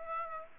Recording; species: mosquito wingbeat signal from an infrared sensor; Aedes aegypti